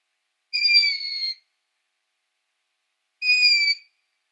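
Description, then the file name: Long-eared owl giving two high, squeaky, slightly falling calls with a harsh, harmonic edge, each under a second long and starting roughly two and a half seconds apart, with silence between. "Waldohreule"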